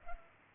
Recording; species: mosquito wingbeat signal from an infrared sensor; Culex pipiens